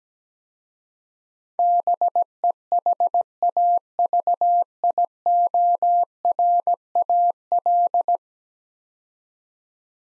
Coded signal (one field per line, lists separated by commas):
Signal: Morse code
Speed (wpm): 17 wpm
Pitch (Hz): 700 Hz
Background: none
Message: BEHAVIORAL